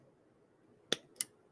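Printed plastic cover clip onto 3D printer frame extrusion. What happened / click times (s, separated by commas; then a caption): The plastic cover snapped into place / 0.9 s, 1.2 s. A printed plastic cover piece is pressed onto the frame extrusion of a Voron Trident 3D printer being rebuilt, covering the wire channels so wires can run down the sides. Two sharp snaps sound at 0.9 s and 1.2 s over a quiet background. The cover snaps into place and is seated.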